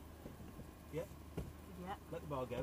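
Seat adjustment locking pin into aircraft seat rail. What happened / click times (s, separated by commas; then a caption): The seat is being moved on its rail, but the pin has not yet clicked home / none. In a light aircraft cockpit, the passenger seat is being slid forward on its metal rails as the adjustment bar is let go, with the seat's locking pin not yet dropped into a rail hole. Someone talks over a steady low hum, and a short sharp knock sounds at about 1.4 s. Nothing has seated or clicked yet.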